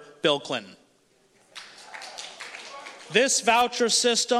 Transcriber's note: few claps